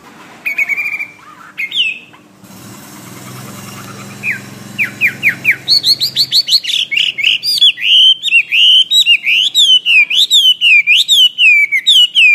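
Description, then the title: Bird song opening with a few scattered chirps and a low rumbling noise, then a lively, rhythmic series of repeated whistled notes. "SuaraBurung Kicau"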